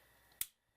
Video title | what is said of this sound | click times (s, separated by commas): Lego Educator Robot Driving Base Verbal Construction (Part 4 of 4) | going to insert that clip into the back of the left motor until I hear that click | 0.4 s